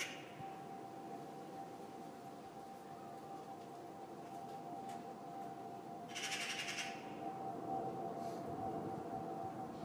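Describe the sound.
Magpie giving a single brief rasping burst partway through, with faint traces before and after it, against a constant humming tone.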